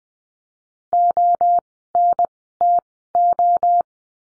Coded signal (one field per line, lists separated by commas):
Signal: Morse code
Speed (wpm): 20 wpm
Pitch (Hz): 700 Hz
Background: none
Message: ONTO